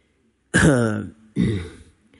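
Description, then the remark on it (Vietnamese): Two harsh, dry coughs in quick succession, the first longer and raspier with a strained voiced edge, the second a short rough burst, both loud against silence. “Nhắc tới đây, Đỗ Di Nhiên ho khan kịch liệt, có vẻ uể oải nặng nề.”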